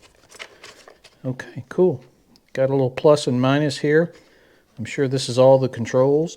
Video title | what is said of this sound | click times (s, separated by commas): New Helmet Reveal & Why... | and it clicks into place. | 0.4 s